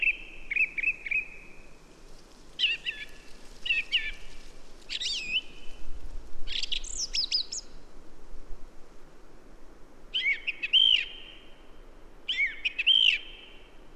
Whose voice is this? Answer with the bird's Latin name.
Turdus philomelos